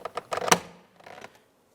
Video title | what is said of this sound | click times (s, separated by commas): How to Replace Rear Door Panel Courtesy Light Lens 2000-2006 Chevrolet Tahoe | Listen for a click. | 0.5 s